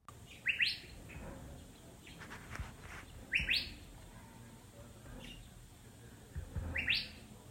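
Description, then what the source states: Curve-billed Thrasher calling, a sharp rising whistled note, usually doubled, repeated about every three seconds, over faint background noise. Common desert dweller; this call is described as the most distinctive of the species; recording provided by Kiersten Gibizov.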